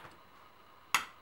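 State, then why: Seated. A rifle barrel assembly is cammed back into a bullpup rifle chassis until it locks. After near silence, a single sharp metallic click lands at 1.0 s as the barrel latches home and is seated.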